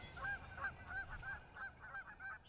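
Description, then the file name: Teal calling: a steady series of short notes, about three per second, over a low rumbling background. "Tiny Teal Ducks"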